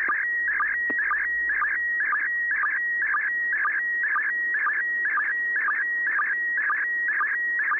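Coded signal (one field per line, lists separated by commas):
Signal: SSTV (slow-scan television)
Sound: rhythmic warbling tones with a steady whistle and low sync chirps, about two per second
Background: radio static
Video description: ISS Slow Scan Television Broadcast downlink 145.800 Mhz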